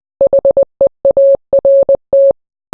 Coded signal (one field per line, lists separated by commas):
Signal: Morse code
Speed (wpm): 20 wpm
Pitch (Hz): 550 Hz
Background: none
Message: HEART